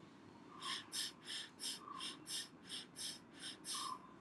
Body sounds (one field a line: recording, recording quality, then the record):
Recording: shallow breathing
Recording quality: excellent, no background noise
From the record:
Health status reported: healthy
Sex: male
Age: 32 years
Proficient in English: yes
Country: India